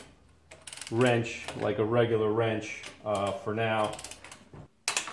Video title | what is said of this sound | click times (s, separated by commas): Ford 9" rear assembly, GTO, Chevelle, Buick, 68"-74" | you hear that click | 4.9 s